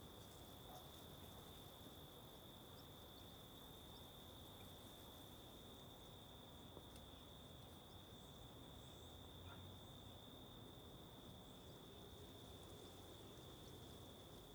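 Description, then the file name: Steady high-pitched cricket chorus with wind rushing below and a couple of faint short clicks. Several crickets recorded as ambience at the Mirante da Antena lookout, Alto Paraíso, with wind. "Ambiencia no Mirante da Antena de Alto Paraiso com Varios Grilos e Vento"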